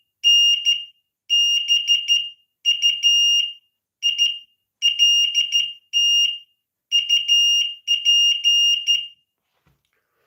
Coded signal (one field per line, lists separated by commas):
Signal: Morse code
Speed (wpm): 13 wpm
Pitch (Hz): 2850 Hz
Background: none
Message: N BUILT UP